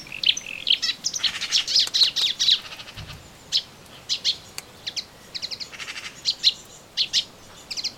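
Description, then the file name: Melodious warbler babbling rapid high chattering phrases, dense at first and then in shorter spaced bursts. Recorded in a garden on 25 June 2017. "Orpheusspötter 2017 06 25 Garten"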